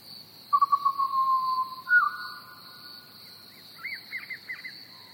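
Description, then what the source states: Pied Butcherbird song: a loud fluted whistle sliding downward, a second whistled note, then softer quick warbled phrases, over a continuous shrill cricket trill. Recorded together with chirping crickets.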